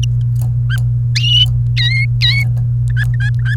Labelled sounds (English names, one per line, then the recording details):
Domestic Canary song
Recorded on 28 April 2018 at 17:27
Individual llb3